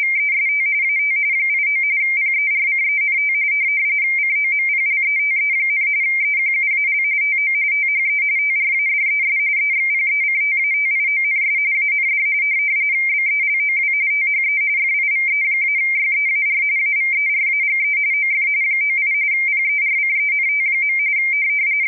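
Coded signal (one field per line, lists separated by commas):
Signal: RTTY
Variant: Baudot, 170 Hz shift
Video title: Decoding the ITTY Broadcasts at RTTY.com under Ubuntu Linux using minimodem.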